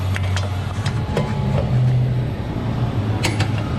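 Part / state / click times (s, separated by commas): click torque wrench on wheel bearing bolt / torque reached / 3.2 s, 3.4 s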